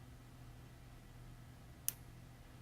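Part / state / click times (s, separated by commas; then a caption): trigger adjustment part seating into a match trigger mechanism / seated / 1.9 s. A metal trigger part on a Match Guns MG2 EVO match trigger mechanism drops into its engaged position as an adjustment screw is backed out. A single short, sharp metallic click is heard at 1.9 s over a low, steady background hum. The part seats in its spot.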